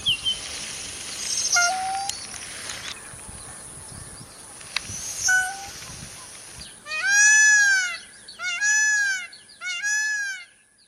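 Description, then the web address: Myna: hissing background and faint clicks at first, then a myna gives three loud, arching, nasal squawks near the end. "animal-sound myna-sound"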